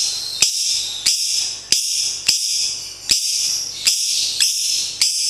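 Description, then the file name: Lovebird chattering song in repeated harsh, high bursts, each starting with a sharp click and lasting under a second, separated by short silences. Contest bird named Madonna, national champion of a lovebird singing competition. "Suara Lovebird Juara Lomba Nasional Madonna"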